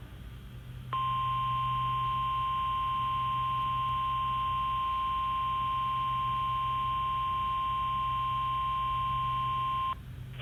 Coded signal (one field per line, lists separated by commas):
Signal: Emergency Alert System (SAME) tones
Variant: 1050 Hz attention tone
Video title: EAS Required Weekly Test NOAA WXL40 9/15/21 EAS#179